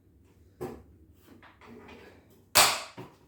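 The second folding leg of a step-up work platform is pulled down into its extended position, with soft handling and rustling sounds before it. A loud, sharp lock click comes at 2.6 s, followed by a smaller knock. The leg is seated and locked in place, matching the first leg.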